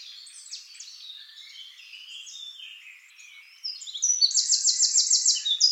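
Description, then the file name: Eurasian wren: soft high twittering, then a sudden loud, fast trill of sharp repeated notes running to the end. "Troglodytes troglodytes"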